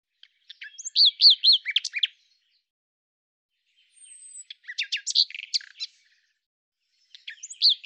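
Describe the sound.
Common nightingale singing short, varied phrases of whistled slurs and rapid clicking notes, separated by pauses, over a silent background.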